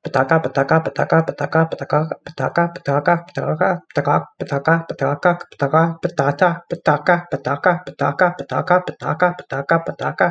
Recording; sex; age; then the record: repeated syllables /pa ta ka/; male; 30 to 39 years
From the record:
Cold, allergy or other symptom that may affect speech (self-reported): no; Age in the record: 35 years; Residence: Massachusetts, United States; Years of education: 19